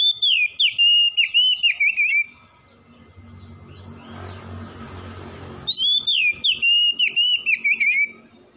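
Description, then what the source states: Oriental magpie-robin song: loud, clear whistled phrases that slide and warble, given in quick bursts, then a pause of a few seconds before the whistling resumes. Kacer from Tretes singing vigorously (gacor).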